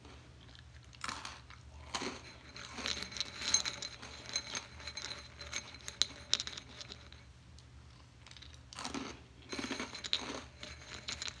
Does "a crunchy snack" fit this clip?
yes